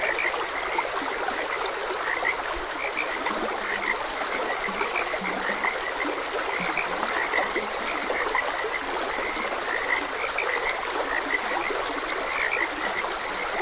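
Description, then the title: Frogs croak in rapid overlapping bursts, a steady chorus carried over the trickling sound of a stream. Frogs croaking beside a gentle stream. "Gentle Stream and Frogs Croaking"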